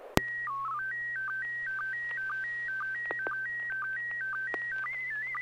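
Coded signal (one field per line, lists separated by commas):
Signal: SSTV (slow-scan television)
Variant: PD 120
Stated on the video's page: SSTV net on an FM repeater on 441.300 MHz, sent with MMSSTV software.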